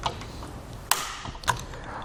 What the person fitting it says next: you hear those clicks you know it's tight enough